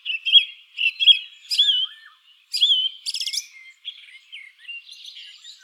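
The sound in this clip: Song thrush singing a clear phrase twice, then switching to new whistled motifs and a rattling stack of fast notes before softer twitters.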